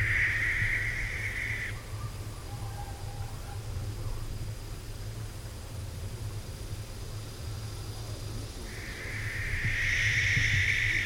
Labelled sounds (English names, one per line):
Western Barn Owl call